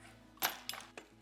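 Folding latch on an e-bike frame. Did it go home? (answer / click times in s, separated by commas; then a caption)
no / none. A folding latch on the frame of an APYEAR 14" folding e-bike is being forced into place by hand, producing sharp metallic knocks at about 0.5 s and 0.7 s and a fainter one near 1.0 s over a low background hum. The latch has not seated or snapped into place yet.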